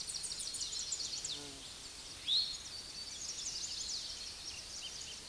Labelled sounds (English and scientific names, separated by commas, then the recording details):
Eastern Towhee (Pipilo erythrophthalmus) song
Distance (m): 20 m
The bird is about 5 m above the microphone
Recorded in a Pennsylvania forest on 16 May 2024 at 09:06
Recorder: AudioMoth, point MSD-2257
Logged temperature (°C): 16.0 °C
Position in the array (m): 203 m, 176 m